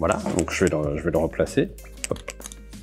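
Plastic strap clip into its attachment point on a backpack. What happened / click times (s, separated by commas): The strap clip is being handled but has not seated yet / none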